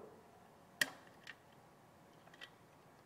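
A power cord plug is pushed into the power socket on the plastic body of a Biogents BG Pro mosquito trap and seats with a sharp click at 0.8 s. A few fainter ticks follow around 1.3 s and 2.3–2.4 s against a quiet background.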